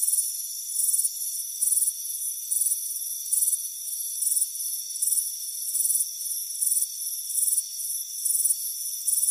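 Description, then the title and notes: Cricket chirps come in crisp, high pulsed groups at an even pace, backed by a continuous shrill tone. Chirping crickets on a warm afternoon at a front porch. "Soothing Crickets Chirping Sound. It's a warm afternoon as you relax in a hammock on the front porch"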